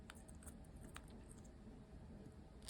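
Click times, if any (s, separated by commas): none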